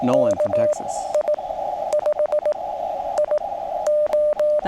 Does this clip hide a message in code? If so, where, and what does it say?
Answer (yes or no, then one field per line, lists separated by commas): yes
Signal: Morse code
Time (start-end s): 0.1-4.6 s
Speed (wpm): 16 wpm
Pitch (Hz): 600 Hz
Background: speech, radio noise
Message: KI5IO